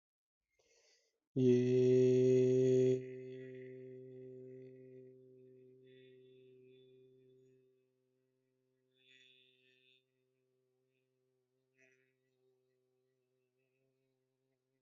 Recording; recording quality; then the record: sustained vowel as in made; excellent, no background noise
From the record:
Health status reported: healthy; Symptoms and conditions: none ticked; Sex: male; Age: 23 years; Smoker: not ticked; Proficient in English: yes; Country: India